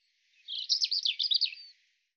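European robin song: one sweet, tumbling phrase of rapid high notes that wobble up and down, about one and a half seconds long, against silence.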